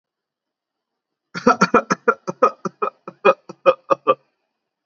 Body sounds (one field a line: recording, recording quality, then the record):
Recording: heavy voluntary cough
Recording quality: excellent, no background noise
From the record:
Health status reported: recovered from COVID-19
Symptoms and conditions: none ticked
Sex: male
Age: 18 years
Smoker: not ticked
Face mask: not worn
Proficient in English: yes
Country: India